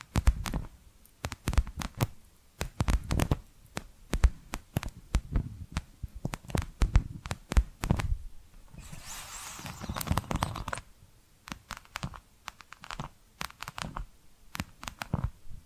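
Tapping and scratching sounds: sharp, irregular taps land every fraction of a second, each with a dull low thump beneath a crisp click. Around nine to eleven seconds a softer, hissing scratch runs continuously before the scattered taps resume.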